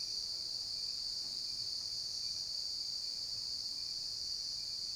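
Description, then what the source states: Cricket keeping up one continuous shrill buzzing trill without pauses, steady in pitch and loudness, over soft background noise. Recorded at night.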